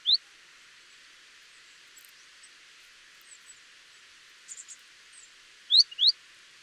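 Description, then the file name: Great tit with a single quick rising chirp at the start, a few faint soft notes in between, then two louder upswept chirps near the end. "Parus major"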